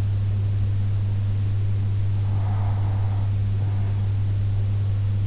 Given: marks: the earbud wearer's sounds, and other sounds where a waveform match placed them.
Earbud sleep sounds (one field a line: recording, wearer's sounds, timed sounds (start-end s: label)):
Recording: sounds in sleep by an in-ear microphone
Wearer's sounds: breath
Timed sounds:
1.94-3.94 s: breath